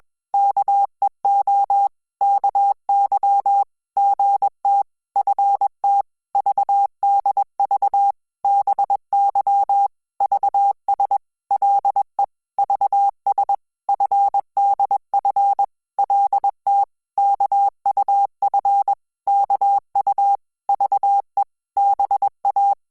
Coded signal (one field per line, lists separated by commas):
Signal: Morse code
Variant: Korean alphabet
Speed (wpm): 21 wpm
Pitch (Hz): 800 Hz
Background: none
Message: 앞 에 서 너 를 데 려 가 려 는 거 인 이 라 도